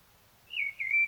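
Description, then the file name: Common blackbird uttering a single short, clear whistled phrase that dips slightly in pitch. "Turdus merula"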